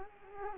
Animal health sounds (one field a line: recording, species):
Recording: mosquito wingbeat signal from an infrared sensor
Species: Culex quinquefasciatus